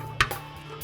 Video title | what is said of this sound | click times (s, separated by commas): How to maintain the CeramicSpeed Bearings in your ENVE Wheels | You'll have a nice click. | 0.2 s